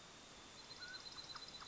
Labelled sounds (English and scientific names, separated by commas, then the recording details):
Mountain Quail (Oreortyx pictus)
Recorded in Sonoma County, California